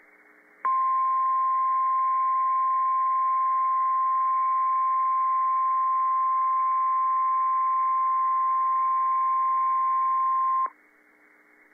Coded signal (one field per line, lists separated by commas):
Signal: Emergency Alert System (SAME) tones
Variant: 1050 Hz attention tone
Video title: PDS SVR & PDS TOR - EAS #1,253 & 1,254 - 3/25/15 7:02 PM